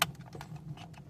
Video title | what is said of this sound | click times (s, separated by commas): '03 Camry 4CYL Temp Control Panel Lightbulb Replacement | There's a click. | 0.0 s